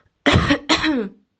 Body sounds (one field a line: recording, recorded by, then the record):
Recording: voluntary cough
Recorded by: messaging app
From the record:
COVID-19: negative